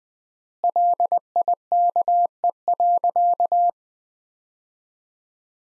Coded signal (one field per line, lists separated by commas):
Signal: Morse code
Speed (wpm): 20 wpm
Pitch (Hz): 700 Hz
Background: none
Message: LIKE.